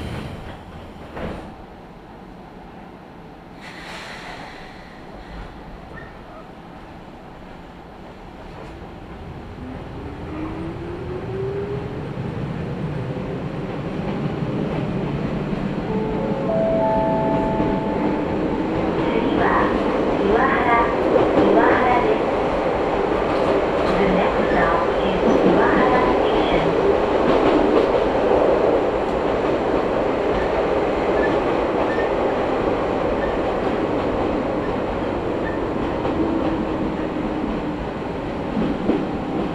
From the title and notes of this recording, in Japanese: 伊豆箱根鉄道 大雄山線 大雄山→穴部。細い路地に割り込んだ感じの駅で線路を渡る踏切も随分と狭い場所にありました。